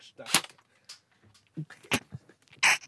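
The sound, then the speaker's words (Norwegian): Three sharp, loud gunshot-like cracks, fired at people by a microphone, irregularly spaced, with quieter voice sounds and shuffling in the gaps between them. “Du skal også skyte meg, men jeg skal ha munnen min helt nær mikrofonen, og jeg har ikke lyst til å vise smerte.”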